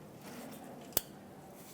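The plastic wiring connector of a new upstream oxygen sensor on a 1998-2002 Lincoln Navigator is slid into its mating harness connector near the exhaust pipe. A single sharp click sounds at 1.0 s over a low, steady background. The connector is seated and connected.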